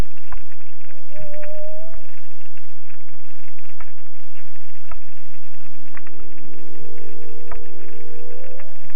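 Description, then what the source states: Humpback whale song: a short whistled note, then a long moaning unit that rises slowly, over steady underwater crackling and popping. Recorded 6 June 2017.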